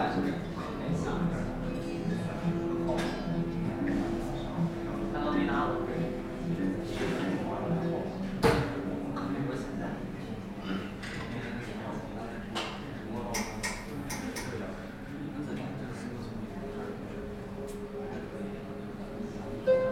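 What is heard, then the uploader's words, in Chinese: Sitting in a café: a steady murmur of several overlapping voices fills the whole stretch, with conversation continuing without pause. Short clinks and knocks of cups or dishes pop up every few seconds, a sharper clatter near eight seconds and another at the very end. 坐在咖啡馆有点开心｜城市声音。北京地坛旁边 没有特地录说话声。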